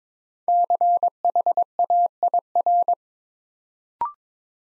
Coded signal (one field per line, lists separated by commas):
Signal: Morse code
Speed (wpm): 22 wpm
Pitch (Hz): 700 Hz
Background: none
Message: CHAIR